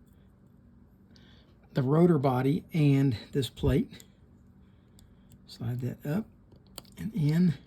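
A spring plate is slid up and into the greased rotor body of a Daiwa A-130RL spinning fishing reel while someone talks, with a few faint handling ticks around 1.2, 5.0 and 5.3 seconds. The plate is still being handled and has not snapped into place yet; nothing has seated or clicked.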